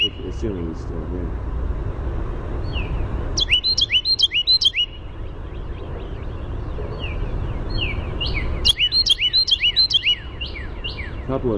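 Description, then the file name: Carolina wren song, two loud bursts of rapidly repeated rolling phrases, each several quick notes, with fainter chirps between and a low rumble underneath. "CARW song"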